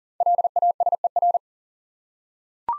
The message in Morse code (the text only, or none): LASER